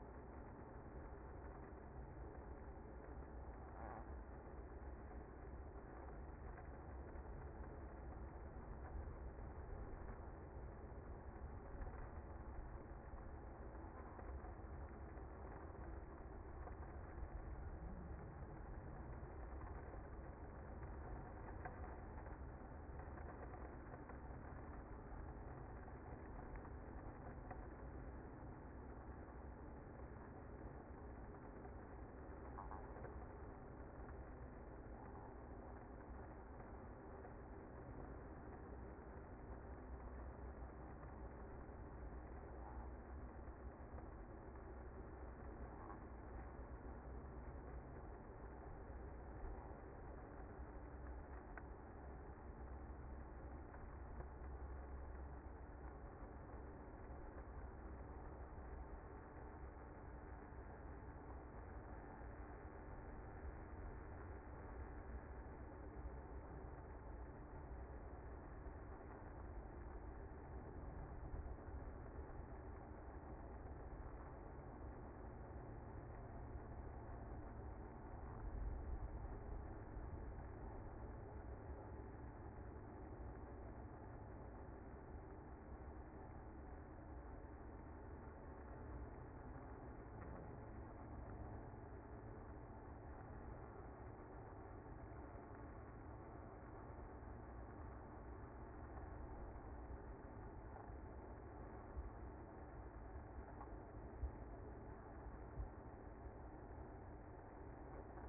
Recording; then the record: honeybee colony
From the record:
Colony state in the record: active